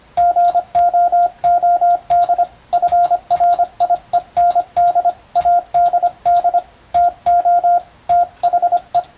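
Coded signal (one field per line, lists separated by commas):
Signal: Morse code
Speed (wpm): 25 wpm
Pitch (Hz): 700 Hz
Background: radio noise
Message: GOOD FRIEND ADD TO THE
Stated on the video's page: Hand-keyed Morse on a telegraph key, sent as receiving practice for the Japanese radiotelegraph operator exam, using a European-language telegram practice book.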